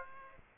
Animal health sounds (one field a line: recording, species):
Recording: mosquito wingbeat signal from an infrared sensor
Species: Aedes aegypti